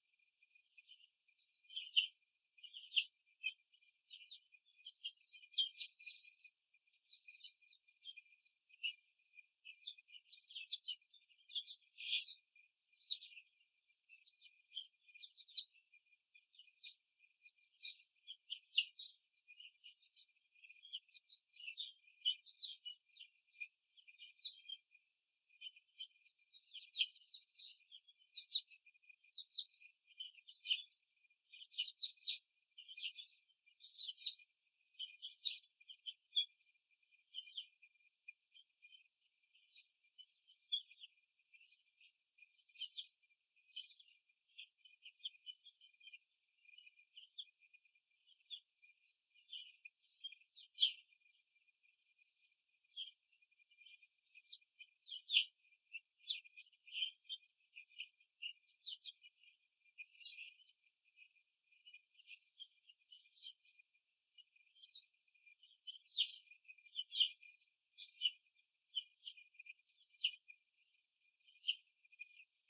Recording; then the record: young laying hens in a cage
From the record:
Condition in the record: before the stressor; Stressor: simulated dog barking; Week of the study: 3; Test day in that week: 1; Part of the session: 1